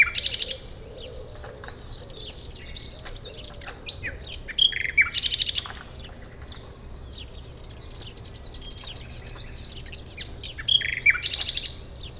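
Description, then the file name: Common nightingale song: a few brief harsh, clicking rattles separated by pauses, with softer scattered high chirps between them. "Luscinia megarhynchos"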